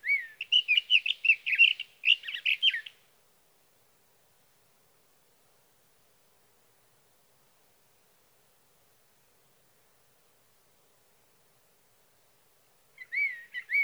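Sage thrasher song burst of rapid warbled notes for about three seconds, then a long silence before singing resumes at the end.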